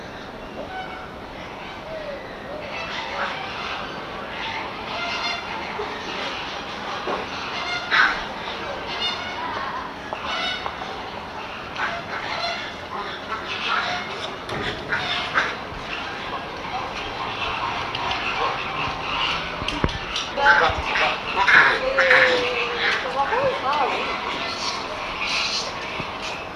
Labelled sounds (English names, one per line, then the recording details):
Bonobo call
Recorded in captivity
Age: subadult
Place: Zoo Berlin, Berlin, DE
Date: 1988-07-23 15:12
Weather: sunny, 30°C
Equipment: 19 cm Stereo
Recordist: Tembrock, Günter